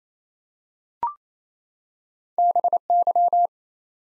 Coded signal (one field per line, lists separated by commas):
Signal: Morse code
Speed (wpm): 27 wpm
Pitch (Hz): 700 Hz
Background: none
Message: BY